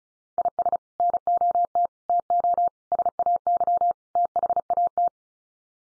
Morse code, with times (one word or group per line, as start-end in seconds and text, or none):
0.4-0.8 IS
1.0-1.9 NOT
2.1-2.7 TO
2.9-3.9 SAY
4.2-5.1 THAT